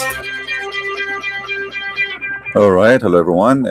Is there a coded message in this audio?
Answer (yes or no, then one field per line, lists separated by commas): no